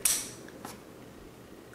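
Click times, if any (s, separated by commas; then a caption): 0.1 s. An AA rechargeable battery is pushed into a plastic Sanyo Eneloop AA-to-C/D adapter shell until its locking tabs grab the battery and the adapter's positive terminal protrudes. A sharp, bright click at 0.1 s marks the battery seating, followed by a few faint ticks and a quiet tail. The battery is locked into the adapter.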